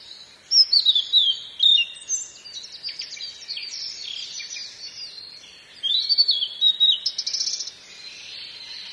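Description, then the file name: Blue-and-white flycatcher song: whistled phrases that slide downward, with two loud phrases separated by softer twittering. "ooruri"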